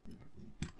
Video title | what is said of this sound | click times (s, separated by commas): Build the 1:8 Scale Mercedes 300SL Gullwing - Pack 4 - Stages 17-23 | probably heard that just click in there | 0.6 s